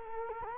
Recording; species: mosquito wingbeat signal from an infrared sensor; Culex quinquefasciatus